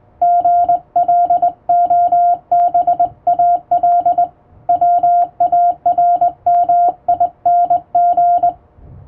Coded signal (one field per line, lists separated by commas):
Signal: Morse code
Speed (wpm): 20 wpm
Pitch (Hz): 700 Hz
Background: radio noise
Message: GLOBAL WARMING